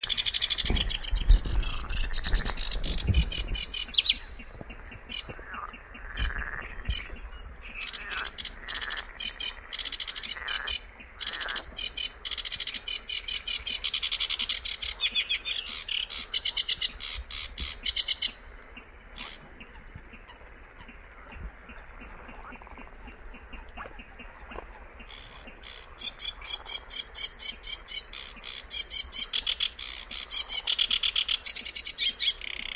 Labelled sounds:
Sedge Warbler (Acrocephalus schoenobaenus) song

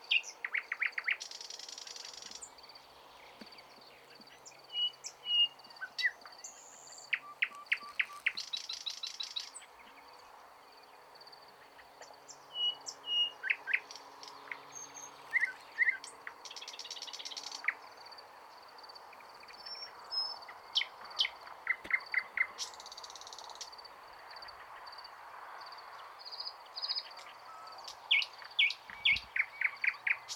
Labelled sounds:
Thrush Nightingale (Luscinia luscinia) song

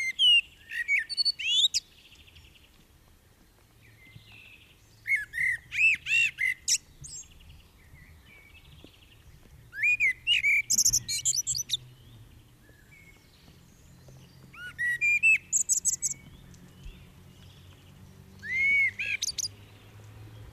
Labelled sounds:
Common Blackbird (Turdus merula) song

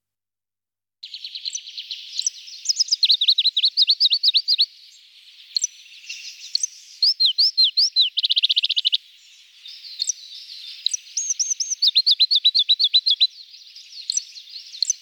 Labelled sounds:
Pallas's Leaf Warbler (Phylloscopus proregulus) song

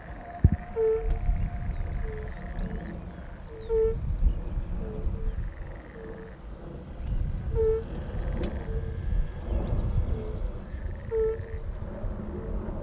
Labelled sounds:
Fire-Bellied Toad (Bombina bombina) call

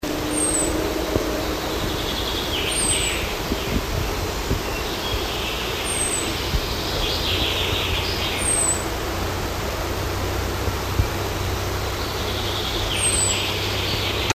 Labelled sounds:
European Robin (Erithacus rubecula) alarm call

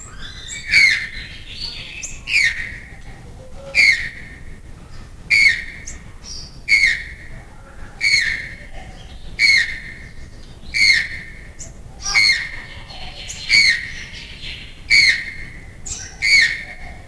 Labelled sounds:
Channel-billed Toucan (Ramphastos vitellinus) call

